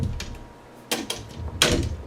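The hop-up assembly is unlatched and popped out of the body of a Daytona Gun M249 airsoft machine gun so it can be adjusted. A few small clicks and handling knocks come first, and the assembly releases with a loud click at 1.6 s.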